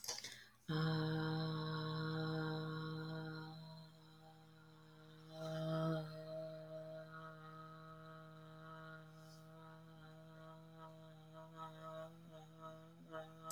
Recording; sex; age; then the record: vowel held as long as possible; female; 20 to 29 years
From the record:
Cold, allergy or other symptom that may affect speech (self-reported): no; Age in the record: 20 years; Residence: Florida, United States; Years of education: 14